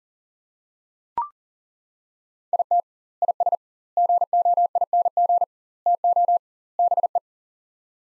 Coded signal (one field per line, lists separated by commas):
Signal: Morse code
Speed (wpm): 40 wpm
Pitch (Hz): 700 Hz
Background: none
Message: IT IS GOING TO BE